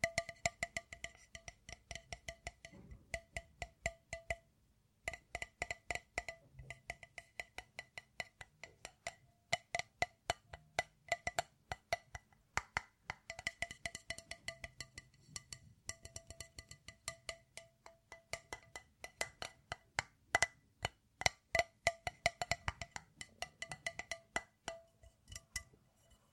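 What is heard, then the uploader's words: Fingertips tap quickly and unevenly on metal, wood, plastic and glass, making bright clicks and ringing clinks, with one short pause near five seconds. Metal tapping, wood tapping, plastic tapping, and glass tapping. ASMR Tapping Triggers.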